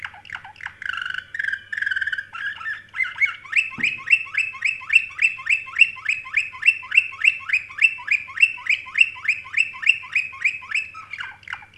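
Canary song opening with warbling phrases, then a long regular series of crisp chirps repeated roughly three times a second; a single low knock early in the series.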